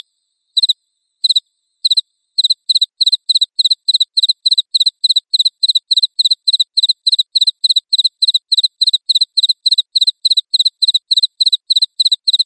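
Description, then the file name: Cricket song: a few spaced chirps at first, then a steady run of short high pulsed chirps about three per second over a quiet background. "jangkrik"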